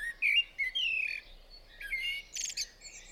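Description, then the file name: Eurasian blackbird song: mellow fluted whistles in several phrases, ending in a brief high, squeaky twitter. Singing on a roof, recorded 28 April 2016 at 06:05. "2016-04-28-06 05-Merel-zingend-op-het-dak"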